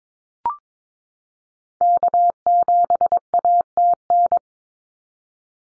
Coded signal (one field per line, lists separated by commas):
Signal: Morse code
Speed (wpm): 22 wpm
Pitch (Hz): 700 Hz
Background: none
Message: K7ATN